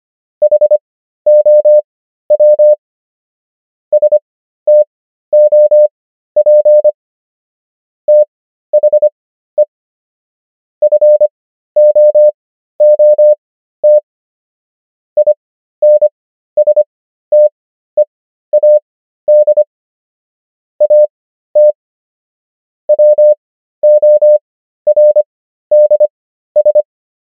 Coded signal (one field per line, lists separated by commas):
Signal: Morse code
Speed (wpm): 25 wpm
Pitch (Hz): 600 Hz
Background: none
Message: HOW STOP THE FOOT INSTEAD AT WORDS